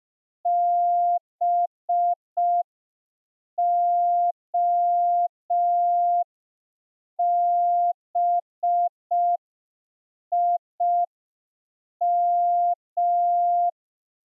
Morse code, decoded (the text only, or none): BOBIM